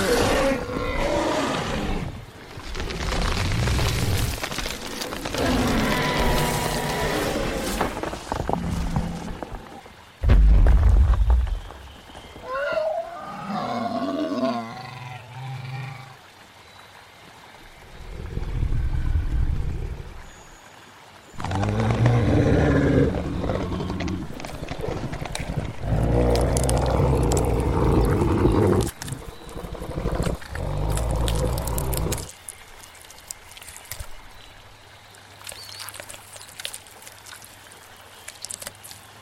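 Dinosaur sounds in a prehistoric forest: loud, rough roars and growls come in long bursts, with a wavering, bending cry around 11 to 16 seconds. Quieter gaps fall near 10, 17 and 21 seconds, and the final stretch thins to lighter, scattered sounds.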